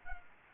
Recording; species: mosquito wingbeat signal from an infrared sensor; Anopheles gambiae